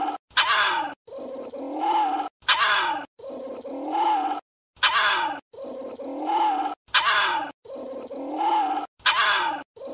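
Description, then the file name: Small Indian civet giving a repeated groaning call that rises and falls, each ending in an abrupt rasping crack, roughly every two seconds. "Tieng chon huong"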